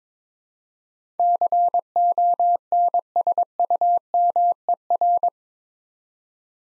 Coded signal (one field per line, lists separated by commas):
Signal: Morse code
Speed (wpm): 22 wpm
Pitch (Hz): 700 Hz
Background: none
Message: CONSUMER